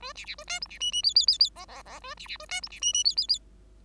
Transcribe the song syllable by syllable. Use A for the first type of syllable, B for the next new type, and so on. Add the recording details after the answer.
A B B A C D B E E F F F F G G G A B B A C D B E E F F F. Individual Bird5